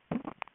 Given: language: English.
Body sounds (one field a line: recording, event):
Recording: throat vibration sensor signal played as sound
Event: swallow